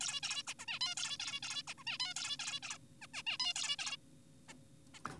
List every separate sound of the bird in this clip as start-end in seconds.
0.01-0.20, 0.23-0.43, 0.47-0.54, 0.59-0.66, 0.68-0.79, 0.81-0.95, 0.97-1.17, 1.20-1.40, 1.43-1.63, 1.68-1.74, 1.78-1.84, 1.87-1.98, 2.00-2.14, 2.16-2.37, 2.40-2.60, 2.63-2.78, 3.02-3.07, 3.14-3.23, 3.27-3.38, 3.40-3.54, 3.56-3.76, 3.79-3.97, 4.49-4.54, 4.94-5.01